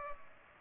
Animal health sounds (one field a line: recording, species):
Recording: mosquito wingbeat signal from an infrared sensor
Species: Culex pipiens